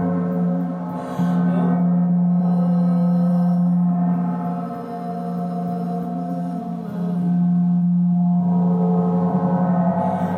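Tibetan singing bowls ring in a sound-healing session, a deep steady hum layered with many shimmering overtones. The tone swells, dips slightly around five seconds, then returns fuller after seven, with slow beating wobbles and faint bright metallic sparkles near the start and end.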